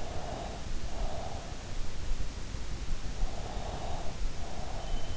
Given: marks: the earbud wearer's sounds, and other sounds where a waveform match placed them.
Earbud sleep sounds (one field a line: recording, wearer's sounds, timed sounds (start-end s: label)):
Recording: sounds in sleep by an in-ear microphone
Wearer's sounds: breath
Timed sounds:
0.00-1.75 s: breath
3.31-5.02 s: breath